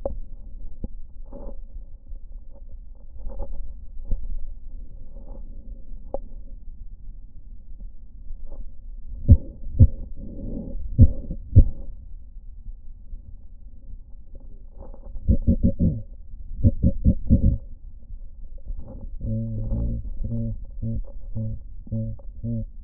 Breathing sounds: lung sounds by stethoscope; left posterior basal chest; quiet breathing, then cough and speech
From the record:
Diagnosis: none (healthy); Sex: male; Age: 23 years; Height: 185 cm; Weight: 93 kg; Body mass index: 27.2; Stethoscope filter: diaphragm mode

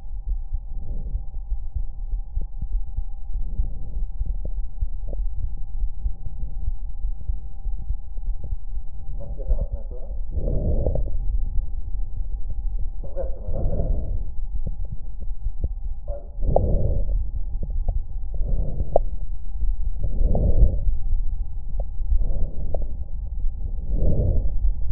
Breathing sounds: lung sounds by stethoscope; left anterior apical chest; quiet breathing, then deep breathing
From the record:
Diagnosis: interstitial lung disease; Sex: female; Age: 70 years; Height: 160 cm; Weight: 93 kg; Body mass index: 36.3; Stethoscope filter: extended mode

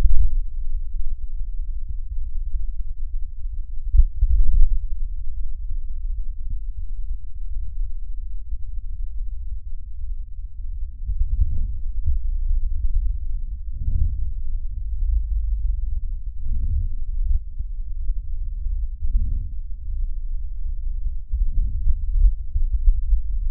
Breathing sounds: lung sounds by stethoscope; left posterior basal chest; quiet breathing, then deep breathing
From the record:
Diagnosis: interstitial lung disease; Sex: male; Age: 82 years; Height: 158 cm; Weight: 49 kg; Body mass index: 19.6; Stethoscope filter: bell mode

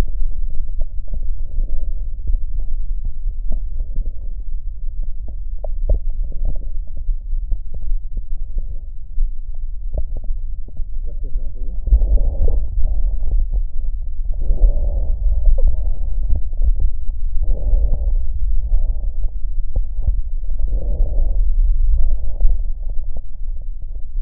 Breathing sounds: lung sounds by stethoscope; right posterior basal chest; quiet breathing, then deep breathing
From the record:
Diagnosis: COPD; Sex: female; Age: 68 years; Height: 150 cm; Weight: 70 kg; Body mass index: 31.1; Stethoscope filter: extended mode

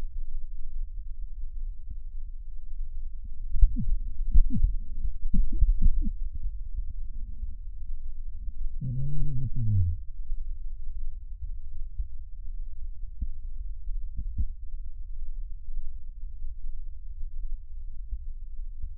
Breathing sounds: lung sounds by stethoscope; left posterior basal chest; quiet breathing, then cough and speech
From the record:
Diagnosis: interstitial lung disease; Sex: male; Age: 72 years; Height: 170 cm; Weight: 62.9 kg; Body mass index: 21.8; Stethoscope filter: bell mode

